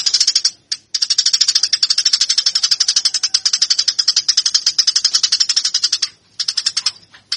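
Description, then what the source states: Eurasian tree sparrow producing a sustained rapid series of harsh high chirps, with short gaps near the start and end. Fighting calls prepared as a bird-training recording.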